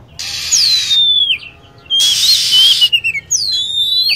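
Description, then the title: Lovebird calls: a few long, shrill downslurred whistles, mostly overlapped by bursts of hissing noise. Lure sound used to attract lovebirds. "PIKAT BURUNG LOVEBIRD"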